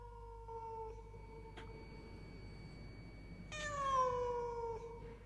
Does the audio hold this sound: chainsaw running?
no